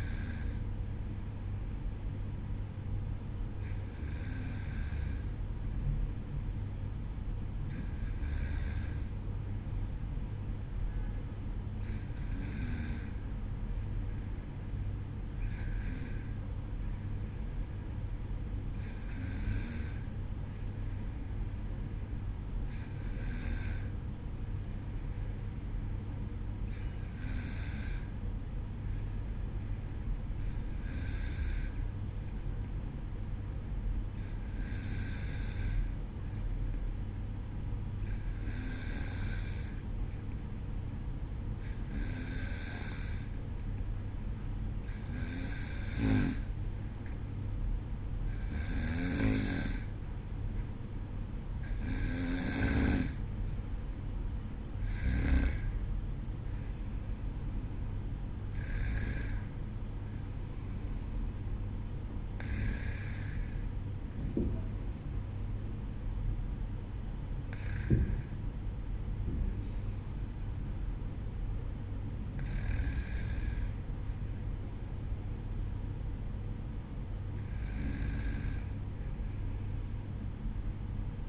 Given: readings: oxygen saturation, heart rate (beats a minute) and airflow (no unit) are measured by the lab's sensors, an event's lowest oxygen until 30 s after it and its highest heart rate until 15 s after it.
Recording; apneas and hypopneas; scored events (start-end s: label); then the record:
breathing in sleep by a smartphone at the bedside; none
none scored
From the record:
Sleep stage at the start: N2 (light sleep); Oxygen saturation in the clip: 93 to 95%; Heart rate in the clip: 52 to 60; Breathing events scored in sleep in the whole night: 305 in 9.6 hours asleep